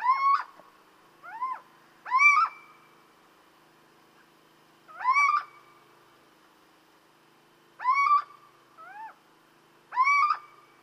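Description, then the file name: Little owl repeating strident, mewing kiew calls in irregular bursts, some single and some paired with a softer note, separated by short silences. "Chouette cheveche"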